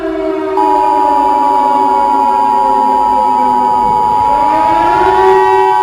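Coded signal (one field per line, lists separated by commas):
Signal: Emergency Alert System (SAME) tones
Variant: 853 and 960 Hz attention tone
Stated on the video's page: Fictional EAS scenario.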